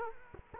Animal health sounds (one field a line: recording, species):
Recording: mosquito wingbeat signal from an infrared sensor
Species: Culex quinquefasciatus